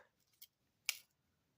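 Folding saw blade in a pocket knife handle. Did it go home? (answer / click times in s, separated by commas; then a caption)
yes / 0.9 s. The folding saw blade of a Victorinox Rangergrip 78 pocket knife, a non-locking slip joint set in the center of the handle, is swung fully open against its back spring. A faint tick at 0.4 s comes before a sharp, bright click at 0.9 s, which fades quickly into quiet. The blade seats in its open detent at 0.9 s.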